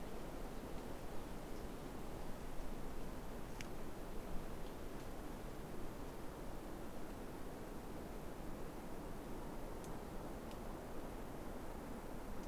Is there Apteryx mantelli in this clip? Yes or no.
no